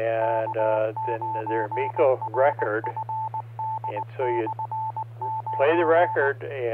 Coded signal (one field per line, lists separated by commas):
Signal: Morse code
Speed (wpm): 19 wpm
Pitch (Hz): 880 Hz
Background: speech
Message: K9RFD/9